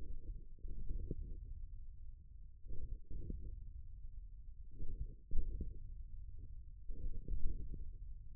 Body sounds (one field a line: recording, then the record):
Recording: forearm muscle sounds (acoustic myography)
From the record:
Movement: wrist extension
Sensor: system 1, eight BSWA MPA416 microphones around the upper forearm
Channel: 6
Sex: male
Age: 41 years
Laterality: right